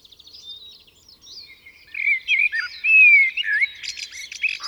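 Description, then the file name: Common blackbird song: rich whistled, slurred notes building into a loud phrase that finishes in high twittering, with other birds chirping faintly behind. "Turdus merula"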